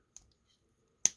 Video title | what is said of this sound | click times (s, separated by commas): Transformers War for Cybertron Kingdom Cheetor Review | Those will just pop in with a satisfying click. | 1.1 s